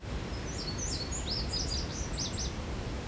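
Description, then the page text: Indigo bunting singing a quick series of high, sweet notes, mostly in pairs, some slurred downward, over a steady low rumble of background noise. Recorded in Maryland. "Maryland Biodiversity. Indigo Bunting ( Passerina cyanea )"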